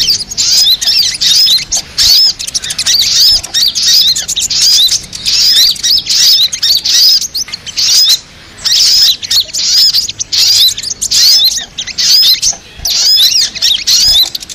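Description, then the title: Little Spiderhunter song: shrill, rapid, looping whistled notes delivered in energetic phrases with brief silences between them. Masteran recording, used for training songbirds. "Masteran Burung Sogok Ontong Labaik"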